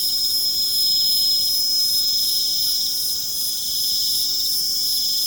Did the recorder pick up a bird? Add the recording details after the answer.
no. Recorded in pastures near Puerto Asís, Putumayo, Colombia, on 25 June 2025 at 20:00. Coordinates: 0.472, -76.331. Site G095